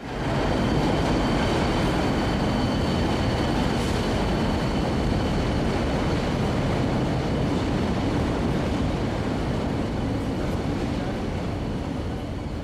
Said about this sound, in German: Wir stehen jetzt in diesem alten, großen, dunklen Bahnhof Westland Row. Heute ist er zwar immer noch groß, aber nicht mehr dunkel.